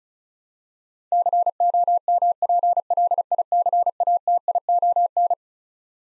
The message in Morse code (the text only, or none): COMPLICATION